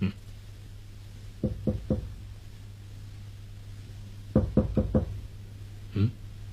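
Sharp knocks on a door in uneven groups: three raps, a pause, then four quicker raps, followed by a single final knock, over a low steady hum.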